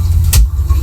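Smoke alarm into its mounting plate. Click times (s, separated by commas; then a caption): 0.3 s. A plastic First Alert Onelink smoke alarm is set into its plastic ceiling or wall mounting plate and given a slight twist until it clicks into place. Over a steady low hum, a sharp, bright click sounds at 0.3 s. The alarm is twisted in, seated and locked.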